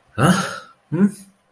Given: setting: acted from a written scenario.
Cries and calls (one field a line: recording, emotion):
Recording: vocal sound without words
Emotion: negative surprise